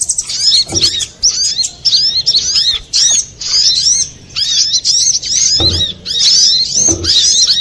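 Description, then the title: Little spiderhunter singing rapid, shrill, twittering phrases of looping notes, separated by short gaps, with a few low bumps in the background. Masteran training recording for cage birds, labelled Labaik. "Sogok Ontong Labaik"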